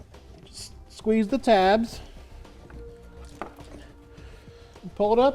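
Someone squeezes the tabs and pulls the styrofoam energy absorber insert out of the plastic bumper cover of a 2015 GMC Terrain while setting up a base plate kit. Someone talks over it, and there is one sharp, loud pop at 3.4 s as the insert is released from its tabs.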